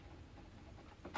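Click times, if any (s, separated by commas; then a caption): none. A memory module is pushed down into a motherboard DIMM slot, expecting it to click, but it is the wrong way round. Over a quiet, steady background, two brief knocks near 1.1 s and 1.2 s end the clip. Nothing has seated or clicked yet.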